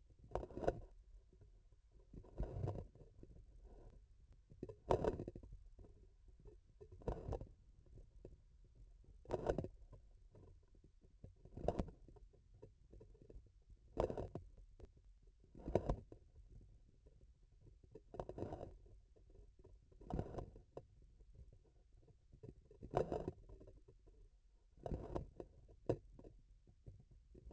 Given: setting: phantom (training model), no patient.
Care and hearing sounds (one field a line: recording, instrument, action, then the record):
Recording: laparoscopic instrument, vibration sensor on the handle end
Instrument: grasping forceps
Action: opening and closing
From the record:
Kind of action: tool actuation without material contact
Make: Olympus